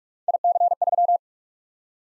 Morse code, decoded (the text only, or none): IC3